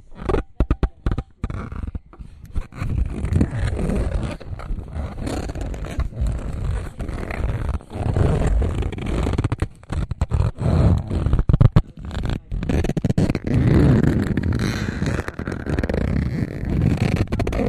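A recorder is roughly handled, with dense scraping, rubbing and knocking noises, frequent sharp dropouts, and low rumbling throughout.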